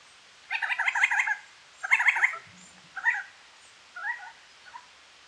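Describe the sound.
Resplendent quetzal calls, several chattering phrases of repeated notes, the first two loud and longer, the later ones softer and shorter.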